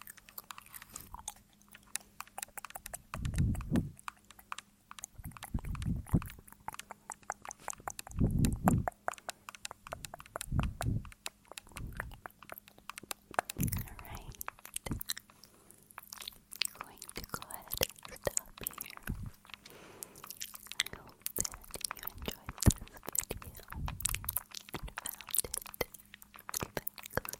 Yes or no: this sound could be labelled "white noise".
no